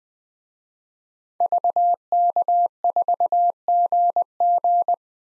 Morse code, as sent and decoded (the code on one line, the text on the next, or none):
...- -.- ....- --. --.
VK4GG